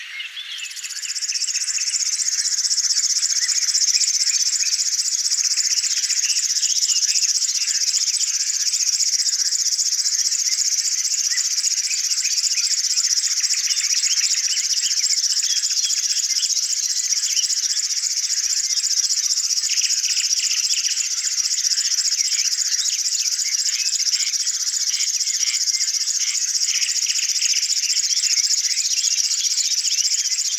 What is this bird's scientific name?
Locustella fluviatilis